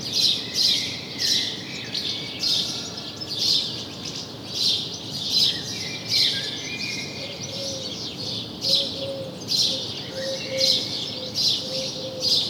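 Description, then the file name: House sparrow giving rapid scratchy chirps, tightly spaced and continuous, with thin whistled notes and a faint low tone later on. "Passer domesticus"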